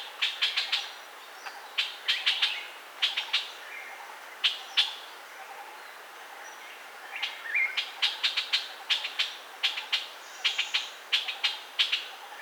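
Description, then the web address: Puff-throated bulbul, repeated bursts of harsh buzzy notes with short pauses between. "Puff throated bulbul. صدای-بلبل-گلو-پفی"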